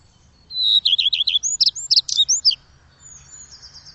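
Bird chirping in a quick burst of high, sweeping notes, a rippling trill followed by sharper up-and-down chirps, lasting about two seconds.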